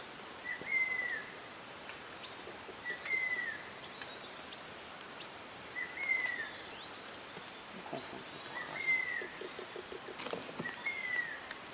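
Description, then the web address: Cinnamon Attila calling: a short, sharp whistled note repeated every few seconds, over a steady high insect drone. "Cinnamon attila. صدای-پرنده-آتیلای-دارچینی"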